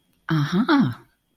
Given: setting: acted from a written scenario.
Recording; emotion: vocal sound without words; interest